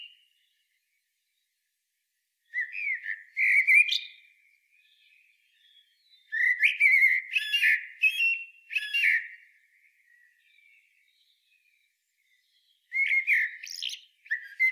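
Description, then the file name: Eurasian blackbird song: three separate bursts of mellow fluting phrases mixed with high scratchy twitters, with quiet pauses between. "Turdus merula"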